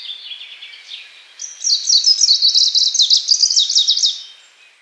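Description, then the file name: Greenish warbler song opening with softer high twittering, then bursting into a loud, fast run of emphatic slurred notes before trailing off. "penochka zelenaja"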